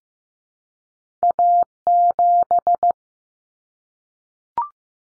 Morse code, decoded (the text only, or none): A7